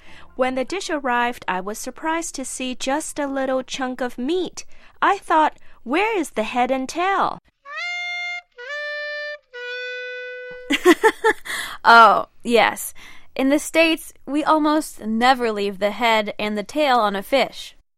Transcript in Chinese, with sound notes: When the dish arrived I was surprised to see just a little chunk of meat. I thought "Where is the head and tail?"
(laughs) Oh...yes. In the States we almost never leave the head and tail on a fish!